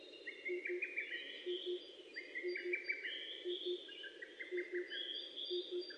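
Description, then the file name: Birds singing in overlapping trilled and sweeping phrases, with a low double note repeating about once a second over steady background noise. Recorded in Japan on 29 May 2004. "040529 saezuri"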